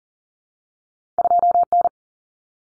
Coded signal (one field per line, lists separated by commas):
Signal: Morse code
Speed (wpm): 40 wpm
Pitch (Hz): 700 Hz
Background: none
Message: 2N